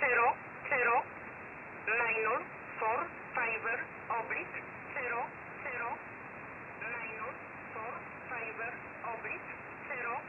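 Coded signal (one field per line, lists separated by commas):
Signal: numbers station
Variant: E11 Oblique, English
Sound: female voice reading single English digits, evenly spaced, like zero zero, over noise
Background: radio static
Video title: 11 08 2021 Number station E11 Oblique in English to Eu 0640 on 15800 unknown tx site in USB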